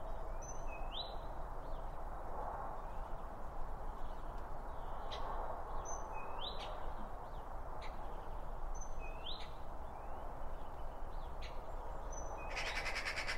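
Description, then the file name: Birds giving short rising chirps repeated every few seconds, with scattered clicks and a burst of noise at the end, over low rumbling background. Around a bird feeder, with two Line Audio OM 1 microphones. "Birds Around Birdfeeding With Two Om 1 From Line Audio"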